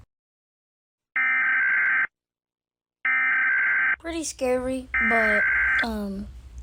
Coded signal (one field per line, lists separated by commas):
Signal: Emergency Alert System (SAME) tones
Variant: header bursts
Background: speech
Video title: EAS alarms - rating EAS alarms from around the world with @MartinCanoQ ! (part 1)